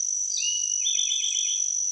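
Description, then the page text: Eastern towhee singing a short phrase: a clear high introductory note, a lower sliding note, then a fast buzzy trill of repeated notes, with a steady high whine behind. Recorded in Maryland. "Maryland Biodiversity. Eastern Towhee ( Pipilo erythrophthalmus )"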